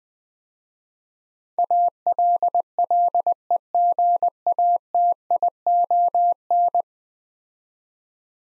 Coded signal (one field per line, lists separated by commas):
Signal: Morse code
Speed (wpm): 21 wpm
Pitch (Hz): 700 Hz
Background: none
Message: ALLEGATION